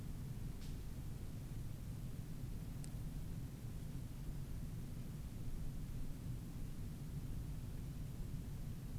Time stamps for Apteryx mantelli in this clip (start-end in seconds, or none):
none